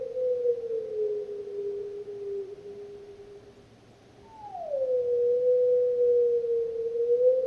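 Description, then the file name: Wolf howls: a long, steady, low howl that slowly sinks in pitch and fades. After a pause, a second howl drops sharply from a higher start and then holds level. A single lone wolf. "Rich Peet's lone wolf"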